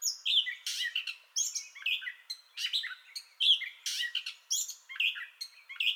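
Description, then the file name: Gray catbird singing jumbled squeaks, harsh notes and clear whistles in short bursts roughly every half second. Entire song bout, 30 May 2021. "2021-05-30 Gray Catbird Entire Song Bout"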